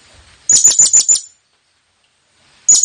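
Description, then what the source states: Blue-crowned hanging parrot call: a quick burst of five shrill, high-pitched chirps, then silence, then the start of another sharp burst. Calling sound for attracting the birds.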